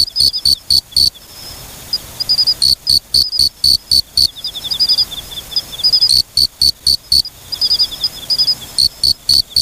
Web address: sikioto insect moriokamekourogi